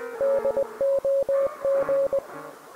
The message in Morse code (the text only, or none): DOG